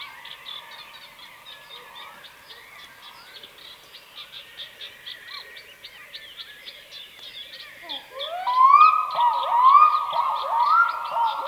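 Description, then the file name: Black-throated diver with soft rising glides at first, then loud, repeated upward-sweeping wails near the end, set against continuous high chirping from a crowd of other birds. "Digiffects Sound Effects Library - Black Throated Diver Bird Version 1"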